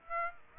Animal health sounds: mosquito wingbeat signal from an infrared sensor; Aedes aegypti

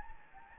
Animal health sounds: mosquito wingbeat signal from an infrared sensor; Anopheles gambiae

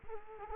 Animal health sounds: mosquito wingbeat signal from an infrared sensor; Culex quinquefasciatus

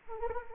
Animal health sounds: mosquito wingbeat signal from an infrared sensor; Anopheles arabiensis

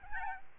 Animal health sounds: mosquito wingbeat signal from an infrared sensor; Aedes albopictus

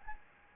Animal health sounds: mosquito wingbeat signal from an infrared sensor; Anopheles arabiensis

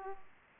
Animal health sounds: mosquito wingbeat signal from an infrared sensor; Aedes aegypti

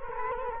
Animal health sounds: mosquito wingbeat signal from an infrared sensor; Culex quinquefasciatus

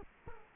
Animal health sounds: mosquito wingbeat signal from an infrared sensor; Culex quinquefasciatus

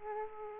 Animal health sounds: mosquito wingbeat signal from an infrared sensor; Aedes aegypti

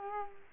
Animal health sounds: mosquito wingbeat signal from an infrared sensor; Culex quinquefasciatus

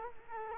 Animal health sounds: mosquito wingbeat signal from an infrared sensor; Culex quinquefasciatus

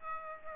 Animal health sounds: mosquito wingbeat signal from an infrared sensor; Aedes aegypti

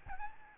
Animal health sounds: mosquito wingbeat signal from an infrared sensor; Aedes albopictus

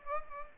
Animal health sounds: mosquito wingbeat signal from an infrared sensor; Aedes aegypti

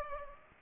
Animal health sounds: mosquito wingbeat signal from an infrared sensor; Culex pipiens

